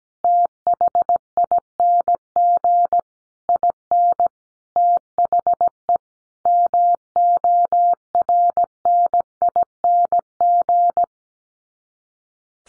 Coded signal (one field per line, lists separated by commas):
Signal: Morse code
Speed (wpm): 17 wpm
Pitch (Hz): 700 Hz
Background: none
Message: THING IN THE MORNING